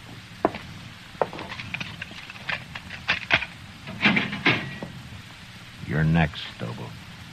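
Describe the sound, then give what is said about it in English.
A horse's hooves clop in an irregular run of sharp knocks as it is ridden away, over a low, hissing rumble, with a brief, wavering voiced cry rising near the end. “Get your horse and ride, and don't ever come back to Dodge, not while I'm alive.”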